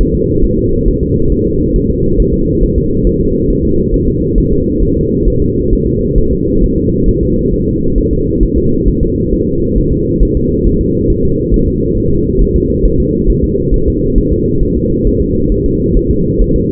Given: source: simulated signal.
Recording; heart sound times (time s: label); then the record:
fetal heart sounds
0.01 s: S1
0.15 s: S2
0.45 s: S1
0.59 s: S2
0.88 s: S1
1.03 s: S2
1.32 s: S1
1.47 s: S2
1.76 s: S1
1.90 s: S2
2.20 s: S1
2.34 s: S2
2.64 s: S1
2.78 s: S2
3.07 s: S1
3.21 s: S2
3.50 s: S1
3.65 s: S2
3.94 s: S1
4.09 s: S2
4.38 s: S1
4.53 s: S2
4.83 s: S1
4.97 s: S2
5.28 s: S1
5.42 s: S2
5.73 s: S1
5.87 s: S2
6.18 s: S1
6.33 s: S2
6.64 s: S1
6.78 s: S2
7.09 s: S1
7.23 s: S2
7.53 s: S1
7.68 s: S2
7.98 s: S1
8.13 s: S2
8.43 s: S1
8.58 s: S2
8.88 s: S1
9.03 s: S2
9.33 s: S1
9.48 s: S2
9.78 s: S1
9.93 s: S2
10.23 s: S1
10.37 s: S2
10.67 s: S1
10.81 s: S2
11.10 s: S1
11.25 s: S2
11.54 s: S1
11.68 s: S2
11.98 s: S1
12.12 s: S2
12.41 s: S1
12.56 s: S2
12.85 s: S1
13.00 s: S2
13.30 s: S1
13.44 s: S2
13.74 s: S1
13.88 s: S2
14.18 s: S1
14.33 s: S2
14.63 s: S1
14.77 s: S2
15.07 s: S1
15.22 s: S2
15.52 s: S1
15.66 s: S2
15.97 s: S1
16.11 s: S2
16.42 s: S1
16.56 s: S2
From the record:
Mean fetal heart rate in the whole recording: 135 bpm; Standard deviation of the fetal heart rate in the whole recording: 3 bpm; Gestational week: 36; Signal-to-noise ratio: -15.3 dB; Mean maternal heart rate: 72 bpm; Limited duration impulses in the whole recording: present